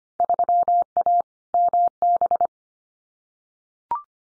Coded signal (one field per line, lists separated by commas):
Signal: Morse code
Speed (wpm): 25 wpm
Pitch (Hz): 700 Hz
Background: none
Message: 3A MB